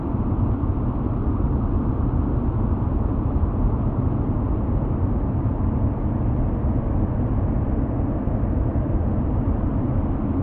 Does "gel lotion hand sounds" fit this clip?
no